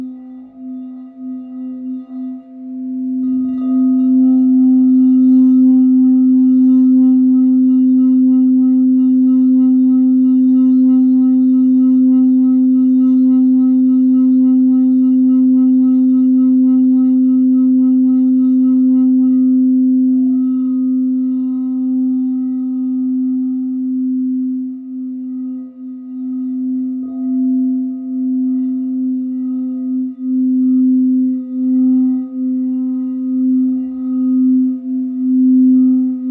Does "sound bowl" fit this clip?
yes